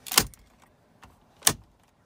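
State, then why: Seated. A plastic interior trim panel on a 2022 MDX is pressed into its dashboard clips with firm, flat pressure during an Idlestopper install. There is faint crackling, then sharp snaps at 0.2 s and 1.5 s. The panel pops back into place and is solid again.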